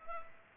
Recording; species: mosquito wingbeat signal from an infrared sensor; Culex pipiens